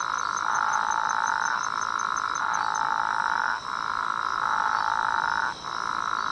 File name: Physalaemus atlanticus